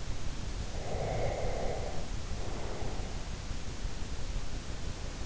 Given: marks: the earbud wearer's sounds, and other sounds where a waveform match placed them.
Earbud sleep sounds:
sounds in sleep by an in-ear microphone; breath
0.86-3.13 s: breath

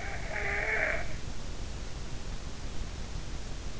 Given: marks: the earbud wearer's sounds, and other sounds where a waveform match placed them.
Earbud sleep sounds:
sounds in sleep by an in-ear microphone; snoring breath
0.18-1.25 s: snoring breath

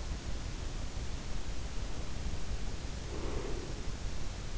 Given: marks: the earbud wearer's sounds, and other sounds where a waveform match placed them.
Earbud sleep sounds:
sounds in sleep by an in-ear microphone; breath
2.65-4.04 s: breath

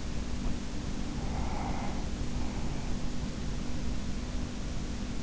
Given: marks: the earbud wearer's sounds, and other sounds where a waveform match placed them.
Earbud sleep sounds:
sounds in sleep by an in-ear microphone; breath
0.93-3.13 s: breath

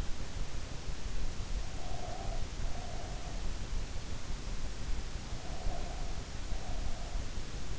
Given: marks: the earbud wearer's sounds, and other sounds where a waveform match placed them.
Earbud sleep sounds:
sounds in sleep by an in-ear microphone; breath
1.46-3.67 s: breath
5.43-7.27 s: breath

